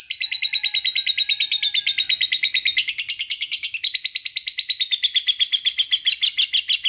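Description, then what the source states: Lovebird long chatter: an unbroken stream of fast, scratchy pulses, its tone shifting a couple of times. Lure recording to make lovebirds sing; long chatter style called ngekek panjang, also ngetik.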